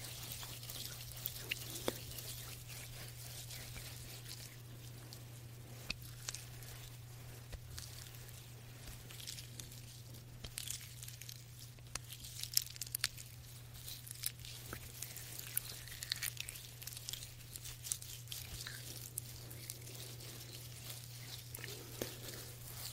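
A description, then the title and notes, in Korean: A wordless, gentle hand massage: soft rubbing and brushing of skin, with frequent small crinkly, crackling taps scattered throughout. A steady low hum runs underneath the whole time, and the level stays quiet and even with brief sharper clicks. 말없이 부드러운 손 마사지 소리.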